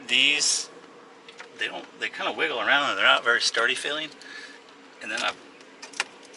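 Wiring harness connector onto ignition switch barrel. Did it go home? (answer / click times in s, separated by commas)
yes / 6.0 s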